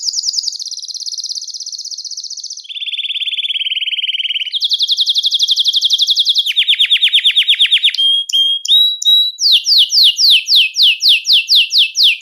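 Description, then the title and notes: Belgian canary song: long rapid trills changing pitch in blocks, lower rolling passages, whistled slides, then repeated falling sweeps. "Canario Belga, nyonyastudio"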